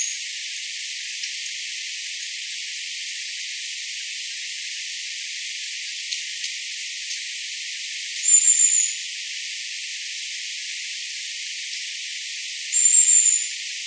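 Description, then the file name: Long-tailed tit calls: a long quiet stretch of hiss, then two brief, very high, thin notes about four seconds apart. "enaga"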